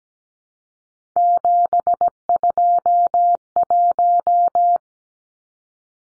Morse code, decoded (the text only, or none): 721